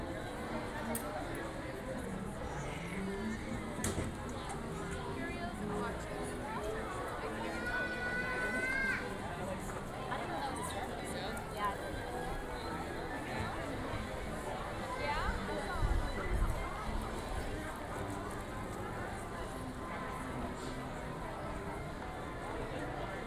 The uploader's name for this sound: Saturday at Disneyland Resort